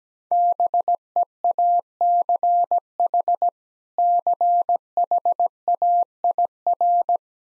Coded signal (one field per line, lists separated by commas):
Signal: Morse code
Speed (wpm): 17 wpm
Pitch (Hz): 700 Hz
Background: none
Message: BEACH CHAIR